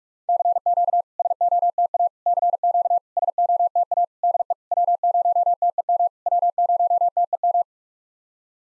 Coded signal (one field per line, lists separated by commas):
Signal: Morse code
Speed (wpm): 48 wpm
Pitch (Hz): 700 Hz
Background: none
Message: CQ SOTA CQ SOTA DE W0TEM W0TEM